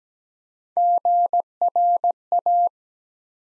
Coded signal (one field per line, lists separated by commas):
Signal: Morse code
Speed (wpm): 17 wpm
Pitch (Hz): 700 Hz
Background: none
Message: GRA